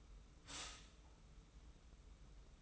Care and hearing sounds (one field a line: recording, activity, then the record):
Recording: daily activity, microphone in the room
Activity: stop toaster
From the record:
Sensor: 1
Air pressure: 990.7 hPa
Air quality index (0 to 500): 144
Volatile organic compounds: 877 ppm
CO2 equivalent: 5191 ppm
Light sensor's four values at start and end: 27/64/27/30 and 27/64/27/30